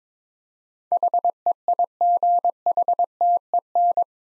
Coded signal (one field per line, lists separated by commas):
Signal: Morse code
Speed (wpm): 22 wpm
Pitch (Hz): 700 Hz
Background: none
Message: HEIGHTEN